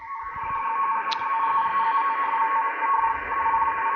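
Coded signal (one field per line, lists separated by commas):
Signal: NAVTEX (SITOR-B)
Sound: fast warbling two-tone chirping near 1 kHz over hissy shortwave noise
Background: radio static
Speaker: there's some transmission in what sounds like um Navics or uh on 16 and it has the interesting propagation.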